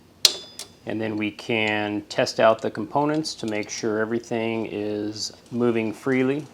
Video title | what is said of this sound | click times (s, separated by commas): Replacing Rear Drum Brakes and Wheel Cylinders - 2003 Toyota Camry, 2.4L (2002-2006) | and we should hear it almost snap in place | 0.2 s